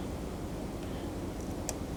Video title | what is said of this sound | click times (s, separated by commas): Install LED Brake Lights & Turn Signals on Harley Davidson - Complete Guide & Instructions | till it clicks | 1.7 s